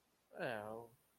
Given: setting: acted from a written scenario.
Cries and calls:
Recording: vocal sound without words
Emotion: neutral

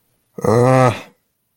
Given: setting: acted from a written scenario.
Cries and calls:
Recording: vocal sound without words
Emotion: disappointment

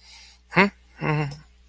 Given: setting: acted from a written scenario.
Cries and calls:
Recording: vocal sound without words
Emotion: pride

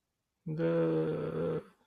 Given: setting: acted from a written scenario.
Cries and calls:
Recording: vocal sound without words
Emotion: shame

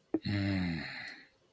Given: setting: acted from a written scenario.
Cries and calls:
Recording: vocal sound without words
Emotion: pride

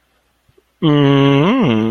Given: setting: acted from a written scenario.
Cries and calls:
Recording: vocal sound without words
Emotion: guilt

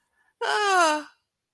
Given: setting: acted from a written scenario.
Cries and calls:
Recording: vocal sound without words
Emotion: distress

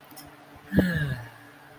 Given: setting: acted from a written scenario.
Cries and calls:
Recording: vocal sound without words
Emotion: romantic love

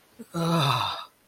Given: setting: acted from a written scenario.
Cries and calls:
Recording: vocal sound without words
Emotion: ecstasy

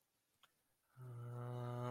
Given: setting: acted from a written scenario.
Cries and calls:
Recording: vocal sound without words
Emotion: adoration

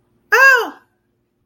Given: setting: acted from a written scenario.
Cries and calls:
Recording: vocal sound without words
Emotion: positive surprise

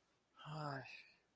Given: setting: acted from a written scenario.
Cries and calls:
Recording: vocal sound without words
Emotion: disappointment

